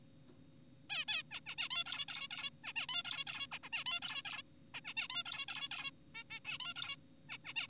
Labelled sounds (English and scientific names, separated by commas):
Zebra Finch (Taeniopygia guttata)